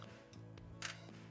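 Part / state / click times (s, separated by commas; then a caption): sword grip into the model hand's palm peg / not seated / none. With the fingers removed, a sword grip is pressed by hand toward the peg inside the plastic palm of an SRX robot model. Faint plastic handling ticks come at about 0.0, 0.3, 0.6 and 0.9 s over steady background music. Nothing has seated or clicked yet.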